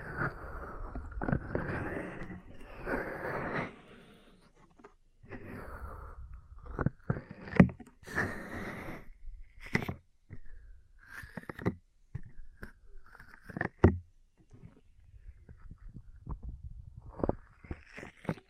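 Ear cleaning and tapping sounds: scratchy rubbing and muffled rustles in the first few seconds, then a run of sharp taps and pops scattered irregularly through the rest. Soft low thumps and brief scraping strokes fill the gaps between the taps, with short quiet pauses.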